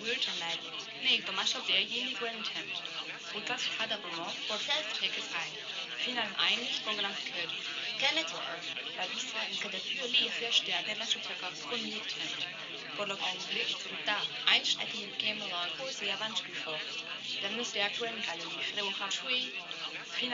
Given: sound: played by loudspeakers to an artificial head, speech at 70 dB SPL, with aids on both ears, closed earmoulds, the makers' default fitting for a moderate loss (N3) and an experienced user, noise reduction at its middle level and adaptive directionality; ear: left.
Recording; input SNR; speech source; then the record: speech test signal (ISTS) in cocktail-party noise; +3 dB; in front (0 degrees)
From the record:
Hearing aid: class 1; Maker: G